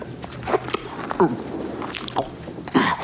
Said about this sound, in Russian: С трудом проглотил картошку.